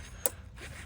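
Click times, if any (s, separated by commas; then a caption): 0.3 s. A plastic clip on the engine cover of a Ford 6.7 diesel, reinstalled during a fuel filter change, is pressed back into place. It gives a single sharp snap at 0.3 s over quiet background noise, and the clip is seated.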